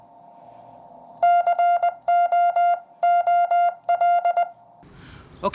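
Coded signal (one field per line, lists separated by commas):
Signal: Morse code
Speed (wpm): 20 wpm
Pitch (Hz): 700 Hz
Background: music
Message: COOL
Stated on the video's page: Morse sent with the Te-Ne-Ke portable paddle, for portable operation.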